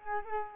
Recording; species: mosquito wingbeat signal from an infrared sensor; Culex quinquefasciatus